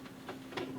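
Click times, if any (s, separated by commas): none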